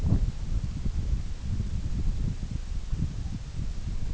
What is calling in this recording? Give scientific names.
none